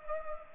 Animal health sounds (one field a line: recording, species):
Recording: mosquito wingbeat signal from an infrared sensor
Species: Culex pipiens